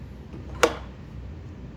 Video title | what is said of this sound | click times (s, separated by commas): 메이커봇 리플리케이터 플러스 익스트루더 분해 조립 및 사출기어 청소 | 이렇게 해서 딸깍 소리 나게 끼워 주시면 됩니다 | 0.6 s